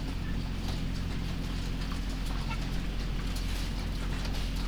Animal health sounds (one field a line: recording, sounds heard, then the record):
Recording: poultry house recording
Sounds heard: sick chickens (respiratory disease)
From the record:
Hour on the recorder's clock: 22